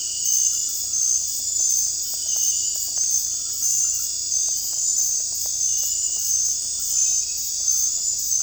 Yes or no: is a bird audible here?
no